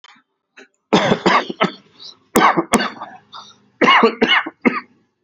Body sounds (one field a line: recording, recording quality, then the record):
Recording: shallow voluntary cough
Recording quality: excellent, no background noise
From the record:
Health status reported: healthy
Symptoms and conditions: none ticked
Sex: male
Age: 38 years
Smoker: not ticked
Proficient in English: yes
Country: India